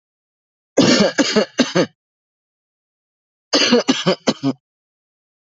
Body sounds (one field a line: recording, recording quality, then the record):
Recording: heavy voluntary cough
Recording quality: excellent, no background noise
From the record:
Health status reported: healthy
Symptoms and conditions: none ticked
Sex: male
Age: 33 years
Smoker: not ticked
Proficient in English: yes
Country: India